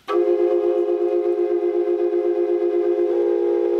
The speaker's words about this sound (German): Das ist eine Quadrupelflöte. Eine Quadrupelflöte aus der Maya-Zeit.